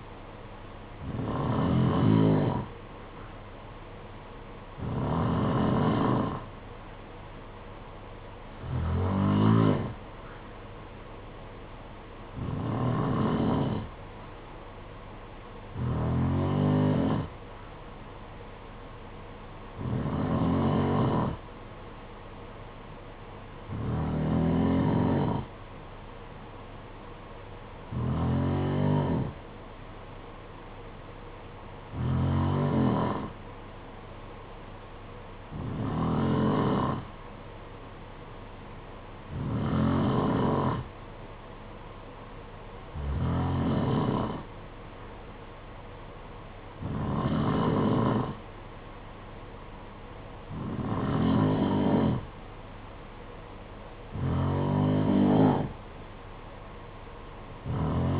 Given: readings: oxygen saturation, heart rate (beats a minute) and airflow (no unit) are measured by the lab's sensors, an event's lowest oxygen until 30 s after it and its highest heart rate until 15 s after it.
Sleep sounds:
breathing in sleep by a voice recorder at the bedside; none
none scored
From the record:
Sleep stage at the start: N2 (light sleep); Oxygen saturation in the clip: 90 to 92%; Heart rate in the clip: 54 to 62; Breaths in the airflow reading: 15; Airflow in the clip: -4.6 to 4.6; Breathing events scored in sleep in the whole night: 476 in 9.7 hours asleep

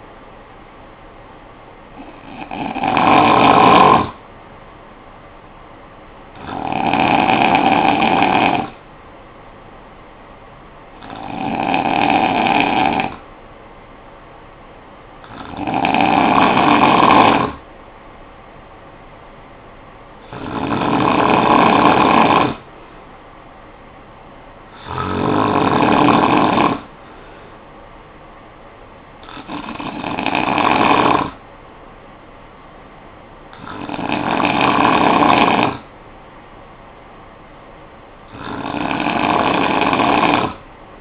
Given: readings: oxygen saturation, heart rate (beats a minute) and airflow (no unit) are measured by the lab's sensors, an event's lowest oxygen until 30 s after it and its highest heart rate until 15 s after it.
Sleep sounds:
breathing in sleep by a voice recorder at the bedside; none
none scored
From the record:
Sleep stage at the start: N2 (light sleep); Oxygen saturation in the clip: 91 to 93%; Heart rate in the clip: 54 to 60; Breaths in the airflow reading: 9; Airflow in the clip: -8.1 to 4.7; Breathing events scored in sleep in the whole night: 445 in 7.6 hours asleep

